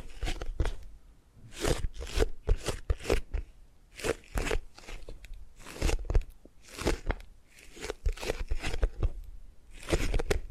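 Tapping and gripping sounds come in short, crisp bursts, roughly one or two every second, with a crunchy, crackling texture. The hits vary in strength, some sharp and bright, others softer, with brief quiet gaps between clusters and a faint low rumble underneath.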